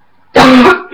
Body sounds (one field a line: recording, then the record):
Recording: coughing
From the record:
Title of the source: Barking cough - # 10